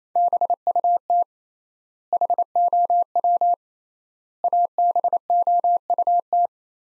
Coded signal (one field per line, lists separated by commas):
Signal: Morse code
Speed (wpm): 27 wpm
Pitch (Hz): 700 Hz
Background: none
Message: BUT HOW ABOUT